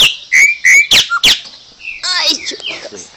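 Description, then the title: Chopi Blackbird song: loud, clear whistled notes given in quick succession, then softer chattering and slurred whistles under light background hiss. "Passaro Preto"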